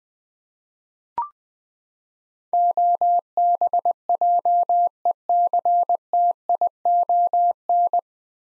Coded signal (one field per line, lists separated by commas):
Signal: Morse code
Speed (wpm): 21 wpm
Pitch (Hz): 700 Hz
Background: none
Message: OBJECTION